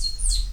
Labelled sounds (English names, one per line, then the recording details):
Stitchbird song
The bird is a male
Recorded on Tiritiri Matangi Island, New Zealand, in 2005
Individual 7, of nest box 9